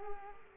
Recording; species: mosquito wingbeat signal from an infrared sensor; Culex quinquefasciatus